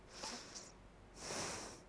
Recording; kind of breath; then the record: one breath in and out by a microphone near the nose and mouth; deep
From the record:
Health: marked as sick, illness not named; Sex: female